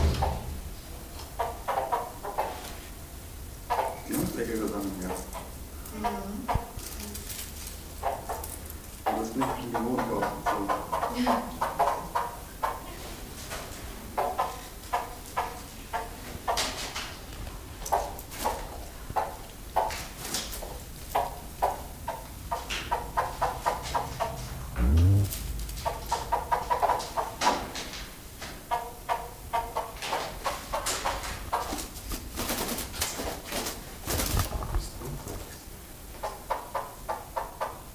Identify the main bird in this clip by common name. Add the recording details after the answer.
Von Der Decken's Hornbill. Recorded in captivity. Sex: group. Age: diverse. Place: Zoo Berlin, Berlin, DE. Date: 2000-08-29 13:27. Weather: heiter, 21°C. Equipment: Nagra SN, Kopie Uher 4000 Report Monitor. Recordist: Tembrock, Günter